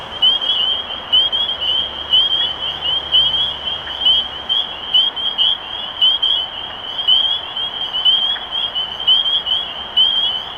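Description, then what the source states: Spring peeper chorus, shrill ascending peeps from numerous frogs layered into a constant high ringing, with faint low rumble early on. Recorded 23 March 2012.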